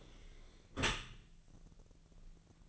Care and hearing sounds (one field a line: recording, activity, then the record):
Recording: daily activity, microphone in the room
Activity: close dishwasher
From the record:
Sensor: 4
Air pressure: 1001.3 hPa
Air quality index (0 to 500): 181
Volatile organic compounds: 2 ppm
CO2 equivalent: 1289 ppm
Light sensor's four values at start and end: 12/27/11/11 and 12/27/11/11